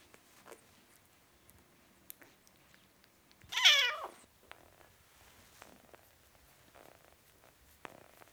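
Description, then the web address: Cat: kitten giving one short, strained squeaky mew midway, high and harsh, surrounded by quiet clicks and rustles. Four-week-old kitten, meowing. "BBC Sound Effects Library Cats Four Week Old Kitten, Meowing"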